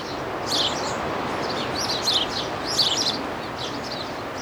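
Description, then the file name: Birds give brief high twittering chirps in scattered clusters against a constant rushing background hiss. Looped sound effect of birds in a seaside garden. "Birds in the Seaside Garden"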